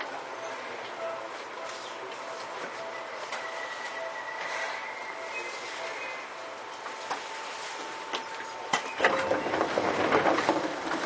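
A Seibu old 2000 series train on the line between Seibu-Shinjuku and Hon-Kawagoe: a steady, dense rumble of the running train with thin sustained tones drifting in and out. Faint clicks and knocks recur throughout, and near the end a burst of sharper rattling and clatter grows louder.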